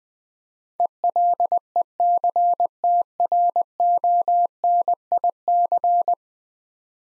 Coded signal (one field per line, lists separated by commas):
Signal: Morse code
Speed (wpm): 20 wpm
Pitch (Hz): 700 Hz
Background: none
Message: ELECTRONIC